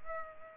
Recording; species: mosquito wingbeat signal from an infrared sensor; Culex pipiens